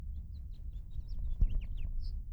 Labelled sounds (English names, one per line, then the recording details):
House Finch song
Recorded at Hewlett Harbor on Long Island, New York, on 10 June 1975
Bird M